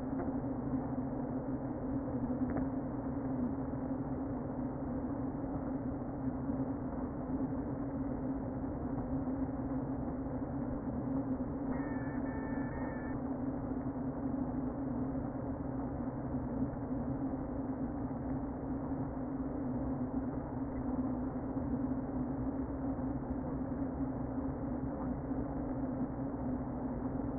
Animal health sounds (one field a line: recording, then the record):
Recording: honeybee colony, microphone inside the hive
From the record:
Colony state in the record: queen present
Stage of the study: before two queens were removed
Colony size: about 60,000 bees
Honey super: yes